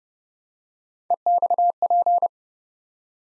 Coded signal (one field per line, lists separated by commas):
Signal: Morse code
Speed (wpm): 30 wpm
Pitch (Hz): 700 Hz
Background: none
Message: EXP